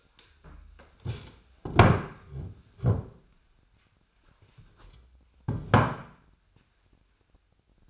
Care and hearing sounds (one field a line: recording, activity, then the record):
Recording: daily activity, microphone in the room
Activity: stand up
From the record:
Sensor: 2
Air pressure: 1007.8 hPa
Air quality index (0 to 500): 178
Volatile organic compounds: 9 ppm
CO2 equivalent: 2185 ppm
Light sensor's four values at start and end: 10/23/10/10 and 10/23/10/10